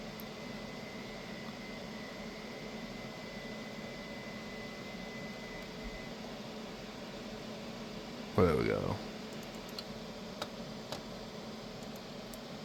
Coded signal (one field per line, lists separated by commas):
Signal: FT8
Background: speech